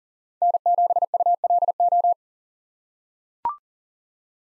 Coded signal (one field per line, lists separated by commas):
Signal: Morse code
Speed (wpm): 40 wpm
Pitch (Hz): 700 Hz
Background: none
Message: N7ULO